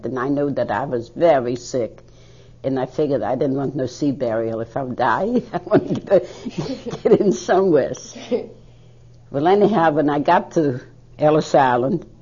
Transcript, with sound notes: And I knew that I was very sick. And I figured I didn't want no sea burial if I die. I wanted ( she laughs ) to get in somewheres. Well, anyhow, when I got to Ellis Island